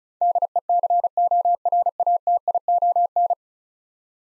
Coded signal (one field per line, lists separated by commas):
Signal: Morse code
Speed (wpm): 36 wpm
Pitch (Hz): 700 Hz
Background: none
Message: DECORATION